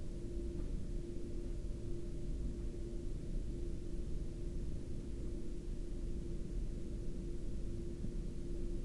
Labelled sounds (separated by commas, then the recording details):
aircraft
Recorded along the Dalton Highway, Alaska, on 3 April 2019 at 01:28
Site 07